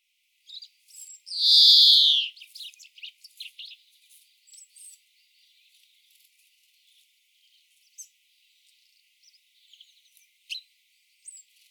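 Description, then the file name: European greenfinch giving one loud, drawn-out buzzy wheeze, followed by scattered faint chips and twittering notes. "Chloris chloris"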